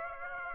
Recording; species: mosquito wingbeat signal from an infrared sensor; Aedes aegypti